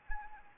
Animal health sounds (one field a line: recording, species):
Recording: mosquito wingbeat signal from an infrared sensor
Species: Anopheles arabiensis